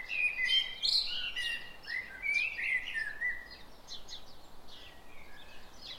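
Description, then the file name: Common blackbird singing several mellow warbled phrases in quick succession, each ending in higher twitters, followed by scattered high chirps. "Turdus merula"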